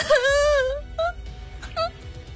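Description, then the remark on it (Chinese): A girl on a rubber raft at sea lets out a loud, high, wavering wail of crying, which then breaks off into a few short, quieter, choked sobs as her mouth is covered to hush her. “丽丽大哭了起来，但很快被坚强捂住嘴压下了哭声。”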